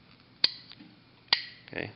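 With the pawl held, a metal pawl adjuster on an assembled ratchet mechanism is flipped back and forth. It gives sharp clicks at 0.4 s and 1.3 s as it snaps into its detent, showing it seats properly. Someone talks briefly near the end.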